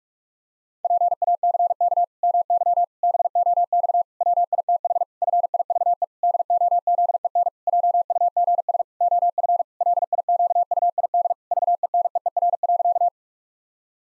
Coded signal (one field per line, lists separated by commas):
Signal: Morse code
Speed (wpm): 46 wpm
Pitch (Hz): 700 Hz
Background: none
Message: PACK MY BOX WITH FIVE DOZEN JUGS OF LIQUID VENEER.